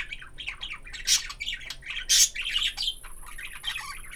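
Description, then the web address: Budgerigar chirping: rapid chattering warble with twittery notes and two loud rasping squawks, the chatter running on throughout. Budgerigar chirping in a farmyard. "allathangok parasztudvar hullamospapagaj papagaj csiviteles"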